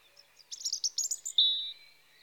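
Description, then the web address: European robin singing a brief jumble of high tinkling notes followed by one long, pure, steady whistle. Spring. "BBC Sound Effects Library Birds Robin (Erithacus Rubecula) Spring"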